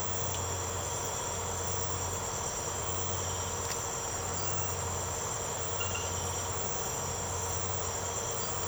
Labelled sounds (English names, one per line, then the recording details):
none
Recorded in secondary vegetation near Puerto Asís, Putumayo, Colombia, on 24 March 2025 at 01:30
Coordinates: 0.468, -76.324
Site G059